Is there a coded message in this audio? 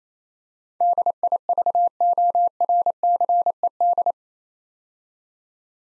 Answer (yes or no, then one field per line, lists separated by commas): yes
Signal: Morse code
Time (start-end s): 0.8-4.1 s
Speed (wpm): 28 wpm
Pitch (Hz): 700 Hz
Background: none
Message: DIVORCED